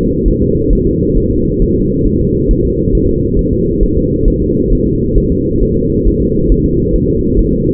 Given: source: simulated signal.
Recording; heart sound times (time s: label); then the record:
fetal heart sounds
0.28 s: S1
0.42 s: S2
0.73 s: S1
0.87 s: S2
1.17 s: S1
1.31 s: S2
1.62 s: S1
1.76 s: S2
2.07 s: S1
2.21 s: S2
2.51 s: S1
2.65 s: S2
2.95 s: S1
3.09 s: S2
3.39 s: S1
3.53 s: S2
3.83 s: S1
3.97 s: S2
4.28 s: S1
4.42 s: S2
4.73 s: S1
4.87 s: S2
5.18 s: S1
5.32 s: S2
5.63 s: S1
5.77 s: S2
6.08 s: S1
6.22 s: S2
6.52 s: S1
6.66 s: S2
6.96 s: S1
7.10 s: S2
7.39 s: S1
7.53 s: S2
From the record:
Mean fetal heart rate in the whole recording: 135 bpm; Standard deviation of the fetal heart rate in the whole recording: 3 bpm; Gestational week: 36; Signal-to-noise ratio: -10.2 dB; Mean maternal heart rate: 72 bpm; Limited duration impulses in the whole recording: present